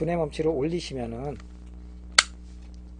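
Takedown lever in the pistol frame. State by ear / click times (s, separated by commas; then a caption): seated / 2.2 s. With the slide held back on an airsoft S&W M&P9 pistol, the takedown lever in the frame is raised. Someone talks for about the first 1.4 seconds. Then a single sharp snap at 2.2 s marks the lever clicking up into position.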